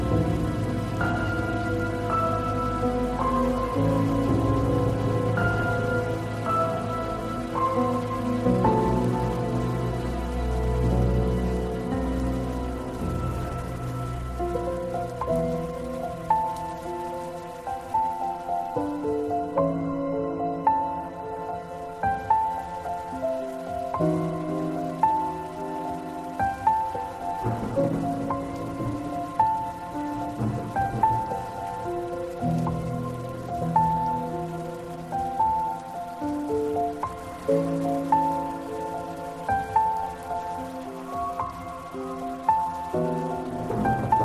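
Soft, slow piano notes over a low sustained bed, with gentle rain pattering steadily throughout and a brief hush of the higher hiss near the middle.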